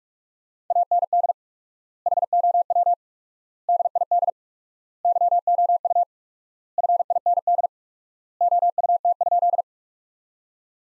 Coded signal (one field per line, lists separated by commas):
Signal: Morse code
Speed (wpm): 47 wpm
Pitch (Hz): 700 Hz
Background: none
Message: AND HOW DID YOU FIND OUT?